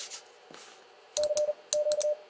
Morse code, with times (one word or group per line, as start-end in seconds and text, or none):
1.2-1.5 C
1.7-2.1 Q